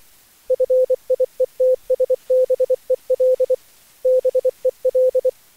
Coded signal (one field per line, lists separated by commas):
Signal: Morse code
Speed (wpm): 25 wpm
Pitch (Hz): 510 Hz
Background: none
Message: FIETSBEL BEL